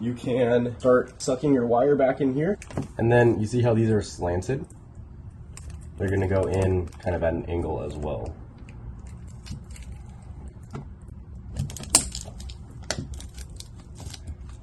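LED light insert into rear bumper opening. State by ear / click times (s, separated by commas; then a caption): seated / 12.0 s, 12.9 s. Someone talks while a sequential LED turn/brake light insert for a Tesla Model 3 has its wire pushed back in and is angled into its opening in the plastic rear bumper. After some quiet handling noise, the insert is pushed in until its clips pop in, with two sharp snaps at 12.0 s and 12.9 s confirming it is seated.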